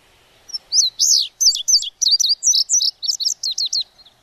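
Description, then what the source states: Indigo Bunting singing a single phrase of high, shrill notes, mostly paired, repeated several times per second and growing softer toward the end. Played song, described as a pretty shrill sound with some tisking; notes tend to be two-part and paired; quite distinctive.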